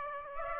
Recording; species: mosquito wingbeat signal from an infrared sensor; Aedes aegypti